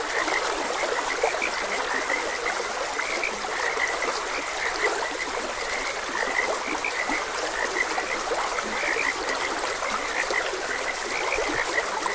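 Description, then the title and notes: Many frogs croaking together, brief grating notes repeating without pause, set against a continuous running stream. Frogs croaking beside a gentle stream. "Gentle Stream and Frogs Croaking. Sleep and Relaxation Podcast"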